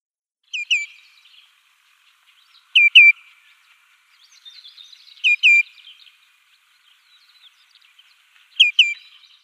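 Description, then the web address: Common greenshank chick calling in quick doubled high peeps, the pair repeated four times at intervals of a few seconds. Nestling. "Schulze Peter Greenshank nestling"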